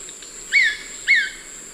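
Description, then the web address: Brownish Twistwing call: two sharp, downslurred notes about half a second apart, each starting high and dropping, over a steady high insect hiss. Eastern lowlands of South America. "S America Eastern Lowlands 386-04 Cnipodectes subbrunneus, call"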